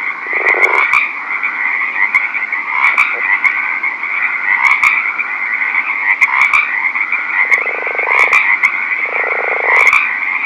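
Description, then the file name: Northern leopard frog giving low, grating pulsed bursts near the start and twice toward the end, over a steady high-pitched trilling chorus. Recorded at night. "rpipiens night"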